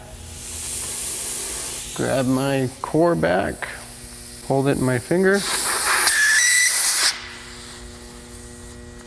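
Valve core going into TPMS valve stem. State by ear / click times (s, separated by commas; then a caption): not seated / none. A valve core is held in the fingers and started into a TPMS valve stem while air hisses out, before the torque tool is run down. Someone talks over a steady hiss, and a louder burst of hissing air follows around 5.5–7.1 seconds before it drops back to a low hum. Nothing has seated or clicked yet.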